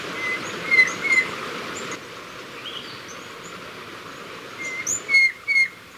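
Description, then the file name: White-bellied Antpitta giving two bursts of short level whistles, two or three notes each, separated by a quiet gap, with faint high chirps from other birds behind. "Grallaria hypoleuca - White-bellied Antpitta"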